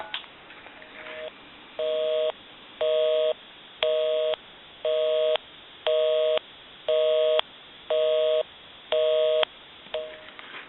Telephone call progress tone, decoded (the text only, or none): busy tone